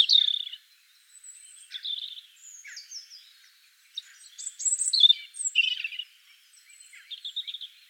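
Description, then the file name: European robin song, scattered high liquid phrases with downslurred whistles and quick trills separated by short pauses. "Erithacus rubecula"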